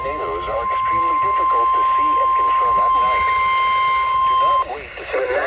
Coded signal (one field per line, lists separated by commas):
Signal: Emergency Alert System (SAME) tones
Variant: 1050 Hz attention tone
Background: speech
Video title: Tornado Warning On NOAA AND FM [EAS #327 - #328]